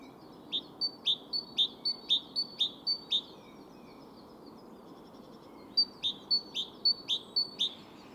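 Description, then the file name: Great tit song in two bouts of clear, high two-note phrases repeated steadily, separated by a short quiet gap with soft twittering; a low background hiss throughout. "Parus major"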